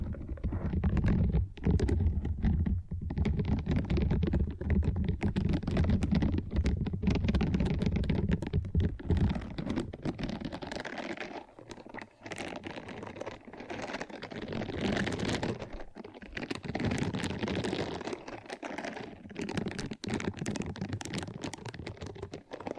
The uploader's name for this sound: First Person Triggers Ear Scratching, Face Brushing etc (No Talking)